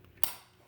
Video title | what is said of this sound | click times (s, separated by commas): Flipping a Kwikset lock cylinder 180° | snaps right in | 0.2 s